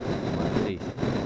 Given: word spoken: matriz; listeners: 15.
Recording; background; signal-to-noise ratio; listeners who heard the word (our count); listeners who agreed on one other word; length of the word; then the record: one Spanish word in noise, from a listening test; noise modulated by three-talker babble; -6.4 dB; 2 of 15; 8 of 15; 0.86 s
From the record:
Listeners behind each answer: 8, 2, 2, 1, 1, 1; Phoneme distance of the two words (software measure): 20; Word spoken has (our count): 2 syllables, 6 phonemes, stress on syllable 2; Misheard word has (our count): 2 syllables, 6 phonemes, stress on syllable 2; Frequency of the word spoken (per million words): 10.83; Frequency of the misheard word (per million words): 510.21